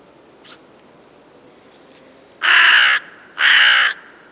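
Crow calling with two loud, hoarse caws in quick succession after a brief faint tick and quiet background.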